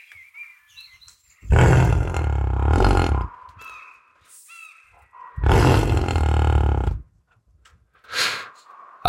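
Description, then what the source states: European bison deep roaring grunts, two long rumbling bellows of nearly two seconds each separated by a pause, with high bird chirps between them. European bison slowly spreading across Europe, a sound not heard by human ears in many places for thousands of years.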